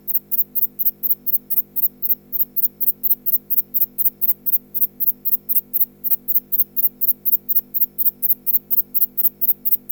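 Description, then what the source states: Insect calling song: very high, sharp pulses repeated evenly about three times a second, over a steady low electrical hum. Male insect producing a fast calling song.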